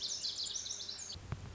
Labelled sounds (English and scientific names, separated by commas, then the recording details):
Lazuli Bunting (Passerina amoena)
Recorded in Sonoma County, California